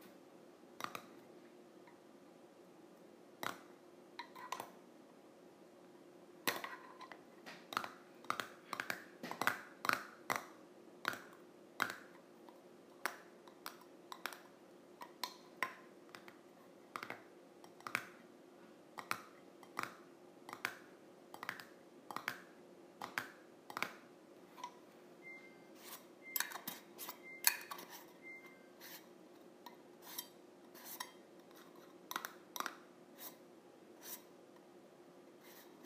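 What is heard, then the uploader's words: A tin container lid clicks and taps repeatedly, with sharp metallic knocks coming irregularly throughout, some in quick clusters around the middle. A steady low hum runs underneath, and a brief faint squeak appears near twenty-six seconds. ASMR Lid of a Tin Container.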